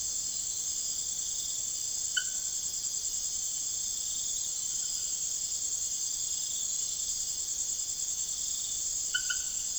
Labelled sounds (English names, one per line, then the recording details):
none
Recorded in secondary vegetation near Puerto Asís, Putumayo, Colombia, on 19 June 2025 at 00:00
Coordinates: 0.489, -76.322
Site G021